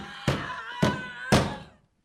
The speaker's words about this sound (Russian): Девушка стучит в дверь.